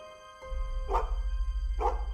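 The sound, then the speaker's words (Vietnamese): A dog barks twice, each bark a short, loud, mid-pitched burst about a second apart, over a steady low rumble. “Chỉ nghe bên kia tiếng Tùng cua đang chửi con chó và tiếng đóng cửa phòng nghe rầm rầm.”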